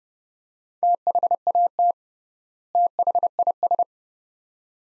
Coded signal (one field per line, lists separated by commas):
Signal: Morse code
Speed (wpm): 31 wpm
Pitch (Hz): 700 Hz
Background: none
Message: THAT THIS